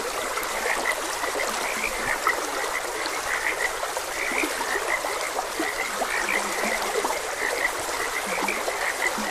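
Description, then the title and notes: Many frogs calling together, a dense stream of short pulsed notes with scattered low croaks, set against continuous running water. Frogs croaking beside a gentle stream. "Gentle Stream and Frogs Croaking. Sleep and Relaxation Podcast"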